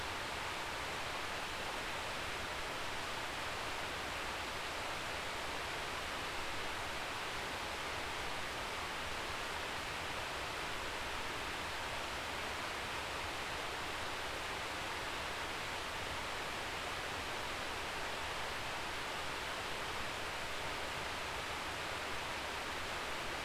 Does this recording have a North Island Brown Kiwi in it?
no